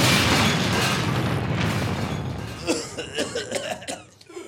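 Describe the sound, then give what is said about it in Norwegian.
An explosion blows up a chair: a loud, broad roaring blast fills the first seconds and slowly dies away, then a voice starts talking and gasping as the rumble fades. “Jesus Kristus altså, se hele stolen min er jo blåst til helvete.”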